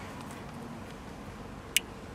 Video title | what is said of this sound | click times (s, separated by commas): 2009-2016 Ford F250 F350 SuperDuty Factory GPS Navigation Radio Upgrade Install Guide - Infotainment | we can now then take our shield and slide it over you'll hear it click into place now | 1.8 s